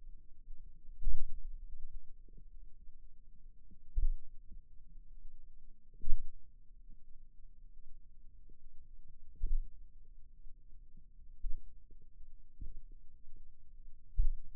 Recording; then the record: forearm muscle sounds (acoustic myography)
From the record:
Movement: finger pinch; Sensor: system 2, bracelet of six BSWA MPA416 microphones around the upper forearm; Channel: 1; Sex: male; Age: 22 years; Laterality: right